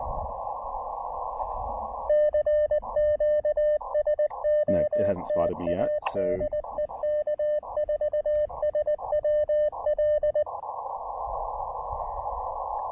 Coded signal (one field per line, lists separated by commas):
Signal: Morse code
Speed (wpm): 20 wpm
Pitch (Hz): 600 Hz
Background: speech, radio noise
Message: CQ SOTA DE K4SWL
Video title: Foggy SOTA: Pairing the Elecraft KX2 and MPAS Lite for brilliant QRP fun on Craggy Dome!